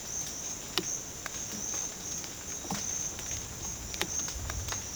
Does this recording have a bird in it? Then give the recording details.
no. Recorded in dense forest near Puerto Asís, Putumayo, Colombia, on 9 March 2025 at 13:00. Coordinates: 0.486, -76.317. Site G053